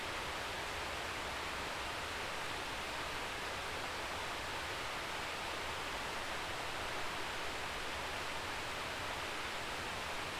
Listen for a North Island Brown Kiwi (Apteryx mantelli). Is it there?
no